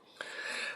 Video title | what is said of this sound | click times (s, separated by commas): Kamen Rider Ex-Aid Level Up Rider Series GENM: EmGo's Kamen Rider Reviews N' Stuff | and push it up until it clicks into place right there. | 0.2 s